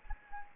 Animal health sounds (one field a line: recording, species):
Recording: mosquito wingbeat signal from an infrared sensor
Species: Anopheles gambiae